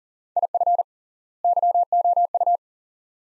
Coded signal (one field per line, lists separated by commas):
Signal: Morse code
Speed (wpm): 40 wpm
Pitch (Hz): 700 Hz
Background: none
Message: IF YOU